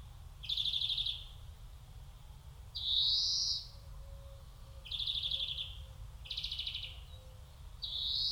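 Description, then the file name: European greenfinch mixing rapid buzzy trills with rising nasal wheezes, over a faint low rumble. "Chloris chloris"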